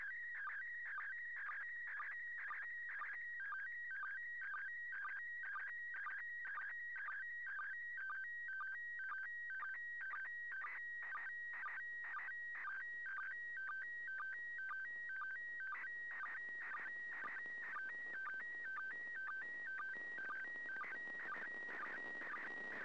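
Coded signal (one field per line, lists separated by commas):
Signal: SSTV (slow-scan television)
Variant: PD120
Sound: warbling tones stepping between pitches, with a short low chirp about twice a second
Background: radio static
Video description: Transmissions should be on the standard frequency of 145.800 MHz and in the PD 120 format.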